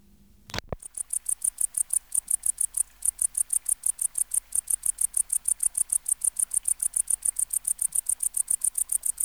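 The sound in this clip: Tettigonia hispanica bush-cricket song starting after a sharp click, then a long steady stream of high-pitched buzzy syllables at a brisk even rhythm.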